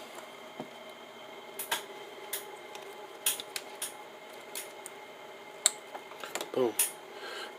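Crimped wire terminals are pushed by hand into a truck wire harness connector housing until they lock, and someone talks. A scatter of soft plastic taps and handling noises runs through the clip, with the sharp seating click of a terminal locking into the housing at 5.7 seconds. The terminal is seated in the connector.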